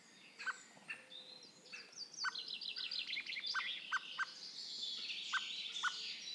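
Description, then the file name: Eurasian blackbird giving short, hard tchuck calls at uneven intervals, over a rapid, high twittering song in the background. "Turdus merula"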